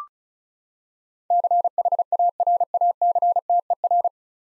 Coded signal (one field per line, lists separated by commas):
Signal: Morse code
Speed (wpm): 34 wpm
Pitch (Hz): 700 Hz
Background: none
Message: CHARACTER